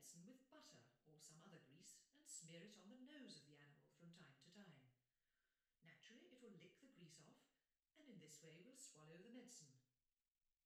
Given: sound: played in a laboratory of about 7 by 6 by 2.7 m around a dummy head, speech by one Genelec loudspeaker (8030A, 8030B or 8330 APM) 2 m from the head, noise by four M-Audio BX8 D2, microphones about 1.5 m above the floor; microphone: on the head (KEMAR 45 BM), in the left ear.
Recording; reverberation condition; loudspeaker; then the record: female speech in English; medium; 30 degrees to the right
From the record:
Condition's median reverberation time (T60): about 510 ms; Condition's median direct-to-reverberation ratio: about -0.5 dB